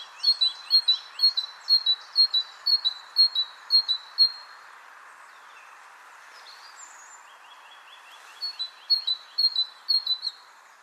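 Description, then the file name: Great tit delivering a long string of sharp, high paired notes, pausing briefly before another burst of the same ringing phrases, over a soft steady hiss. "Parus major"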